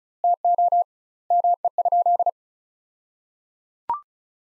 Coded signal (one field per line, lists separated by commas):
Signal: Morse code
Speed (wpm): 34 wpm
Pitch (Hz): 700 Hz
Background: none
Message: TO ME?